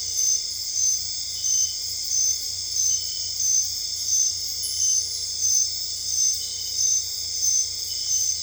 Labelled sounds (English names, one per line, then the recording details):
none
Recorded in dense forest near Puerto Asís, Putumayo, Colombia, on 26 December 2024 at 00:30
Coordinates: 0.485, -76.318
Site GP03